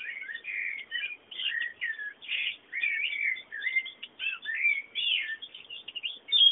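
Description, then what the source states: Birds twittering in a busy, overlapping stream of quick chirps and warbled phrases, barely pausing throughout. Background bird sounds.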